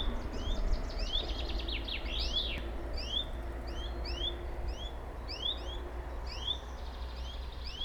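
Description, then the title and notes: Bird calls: rising chirps and a brief burst of fast notes early, then steady alternating upslurs, with low traffic rumble throughout. Two birds calling in competition, Buchet, Germany; a bus drives on the street to the west and a plane flies over the area. "Buchet, Deutschland - Vogelwettschreien. Birds battle. Zwei Vögel schreien um die Wette, auf der westlich gelegenen Straße fährt ein Bus, ein Flugzeug fliegt über das Gebiet"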